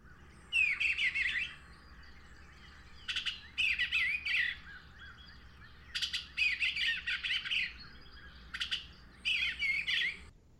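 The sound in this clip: Eastern Bluebird singing soft, warbled phrases in several short bursts, with quiet gaps between them.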